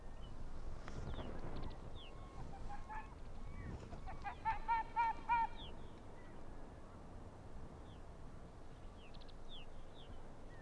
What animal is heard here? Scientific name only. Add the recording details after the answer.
Vulpes lagopus. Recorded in the wild. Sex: diverse. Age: adult. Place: Insel Mednyi, Kommandeur-Inseln, RU. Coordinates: 54.5167, 168.083. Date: 1999-07-26 20:08. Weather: 12°C, heiter, mäßiger Südwestwind. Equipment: Sony WM-D6C, Sennheiser ME 80, K 30 AV, Windkorb, Kopie Tascam DA 30. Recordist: Jakupi, Antje. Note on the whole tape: Südosten der Insel, Haupttal, Zacke 2: Wechselbellen von Rüden grün/grün 68 und Fähe weis/weis 31. Rüde grün/grün äußerte zuvor zwei Bellstrophen. Die Fähe läuft ins Hüttental. Bellstrophen von Rüden rot/gelb 4, die von Rüden grün/grün beantwortet werden